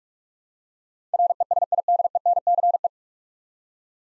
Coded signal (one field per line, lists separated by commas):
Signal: Morse code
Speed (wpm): 46 wpm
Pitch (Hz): 700 Hz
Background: none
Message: RESIDENCE